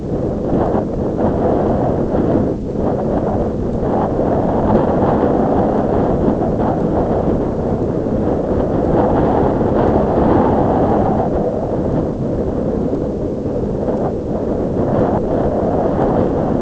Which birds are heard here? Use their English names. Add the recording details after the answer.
none. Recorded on Arctic tundra, site ZACK-1, on 9 June 2019. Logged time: 13:49